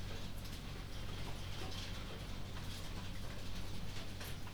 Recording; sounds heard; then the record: poultry house recording; healthy chickens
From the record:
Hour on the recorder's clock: 22